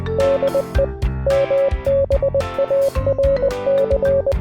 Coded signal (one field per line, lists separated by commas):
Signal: Morse code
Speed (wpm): 20 wpm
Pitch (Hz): 550 Hz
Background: music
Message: DE MBARC